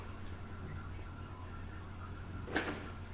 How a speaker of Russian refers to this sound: Костя дома открывает дверь.